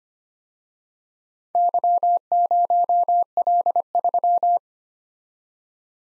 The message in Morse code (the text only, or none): Y0L3